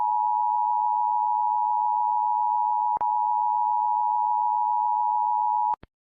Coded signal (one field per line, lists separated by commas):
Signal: Emergency Alert System (SAME) tones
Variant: 853 and 960 Hz attention tone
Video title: Rating EAS Alarms 2! (Longer + Announcements at the end)